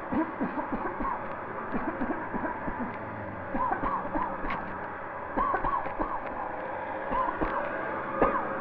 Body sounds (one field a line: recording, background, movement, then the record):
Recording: voluntary coughing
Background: traffic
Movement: sitting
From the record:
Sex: female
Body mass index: 36.4 kg/m2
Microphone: on the chest, facing the body